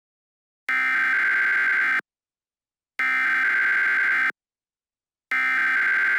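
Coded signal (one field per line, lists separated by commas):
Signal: Emergency Alert System (SAME) tones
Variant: header bursts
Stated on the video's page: Recreations of EAS tones as produced by various encoder systems, including KeyWest, Idea/Onics, Texscan, CEMS, Gorman Redlich, Trilithic, DASDEC and Xfinity X1, sending Required Monthly and Weekly Tests.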